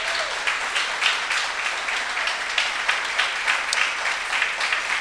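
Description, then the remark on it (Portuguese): An audience at a church service applauds the Lord for visiting members from Bahia, a dense, steady wash of many hands clapping at once that holds at an even, fairly loud level for several seconds, with no voices standing out. “Vamos aplaudir o Senhor pela vida deles.”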